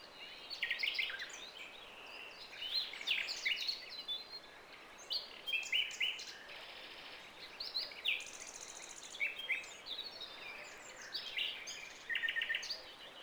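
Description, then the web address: Several birds chirping and trilling together, with bright repeated chips and short buzzy trills overlapping almost continuously, over a steady hiss of background noise. Without battle sounds. "michael WAR Files birds no battle"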